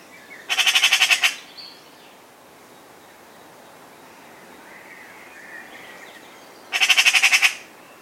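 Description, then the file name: Eurasian magpie producing two rasping, rapid-fire chatters roughly six seconds apart, each under a second long, with faint background bird sounds in between. "Pica pica"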